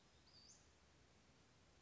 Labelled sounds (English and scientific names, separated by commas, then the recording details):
Western Flycatcher (Empidonax difficilis)
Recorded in Sonoma County, California